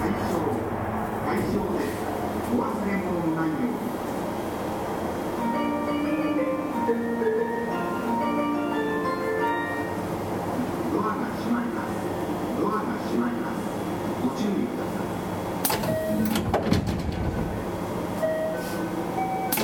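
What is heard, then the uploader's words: Osaka Loop Line outer rapid train, a steady low rumble and hum running throughout at an even level. Short tonal whines rise and step through the first half, voices murmur underneath, and a few sharp clanks and rattles land around sixteen to seventeen seconds. JR西日本223系 環状線外回り 関空・紀州路快速 天王寺から大阪まで. 西日本旅客鉄道（JR西日本）223系電車の走行音です。 大阪環状線の外回り、関空・紀州路快速で録音しました。 Osaka Loop Line 's Outer Rapid Train.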